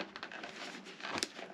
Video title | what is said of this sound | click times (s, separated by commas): BRP Oxygen Helmet Communicator LED light Install CHATTERBOX X2 SLIM | it'll lock into that red tab | 1.2 s